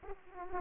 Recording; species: mosquito wingbeat signal from an infrared sensor; Aedes aegypti